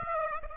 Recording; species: mosquito wingbeat signal from an infrared sensor; Aedes aegypti